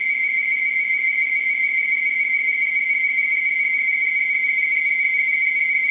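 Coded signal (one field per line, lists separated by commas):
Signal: NAVTEX (SITOR-B)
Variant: 100 baud SITOR-B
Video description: This is a recording of the Navtex startup transmission from Niton on the Isle of Wight. Received frequency is 518KHz.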